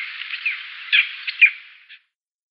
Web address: Schulze Peter Red-legged Partridge calls